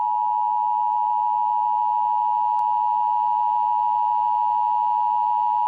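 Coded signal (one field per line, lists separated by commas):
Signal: Emergency Alert System (SAME) tones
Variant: 853 and 960 Hz attention tone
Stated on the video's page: Fictional EAS broadcasts recreated for crossover episodes, with text-to-speech voices.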